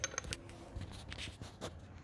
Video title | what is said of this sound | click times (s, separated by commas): BOZULAN MUSLUKLARINIZI VE BATARYALARINIZI TAMİR EDİN KOLAYY MUSLUK TAMİRİ | tam olarak oturmadı galiba | none